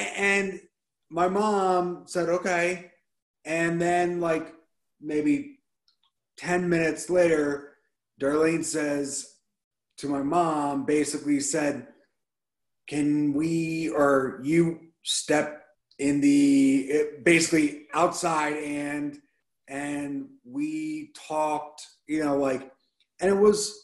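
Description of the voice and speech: Halting adult male speech with frequent word-finding pauses, fillers and restarts, consistent with mild residual aphasia after stroke and traumatic brain injury; early in recovery his speech was limited to a few curse words, yes, no and three or four other phrases.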